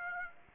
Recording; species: mosquito wingbeat signal from an infrared sensor; Aedes aegypti